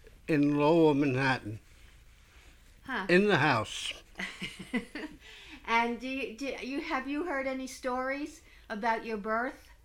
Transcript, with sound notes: in Lower Manhattan.
Huh.
In the house.
( she laughs ) And have you heard any stories about your birth?